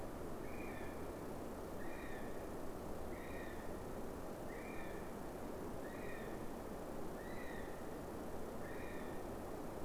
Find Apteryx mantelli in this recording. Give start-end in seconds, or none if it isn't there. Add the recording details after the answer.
0.00-9.85. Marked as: faintness 3/5. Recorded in New Zealand on 5 November 2015. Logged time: 22:59. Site CQ72